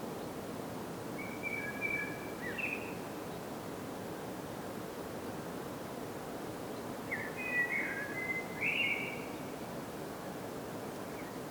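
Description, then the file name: Common blackbird song: two soft whistled, warbling phrases several seconds apart, the second slightly longer and rising at its end, over a constant noisy background. "Turdus merula"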